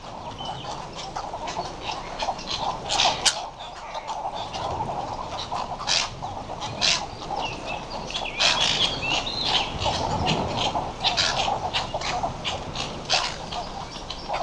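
Western cattle egret calls, a steady din of rough, croaking notes from many birds, with occasional sharp, louder raspy outbursts standing out from the chorus.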